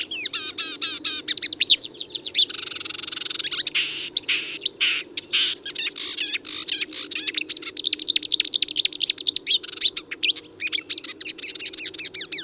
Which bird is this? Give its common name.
Marsh Warbler